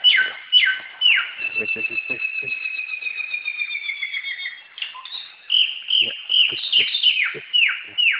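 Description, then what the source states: Samyong bird calls: quick downslurred notes, then a long thin whistle that falls slowly, then more rapid dropping whistles and sharp chips. Samyong bird calling in a forest.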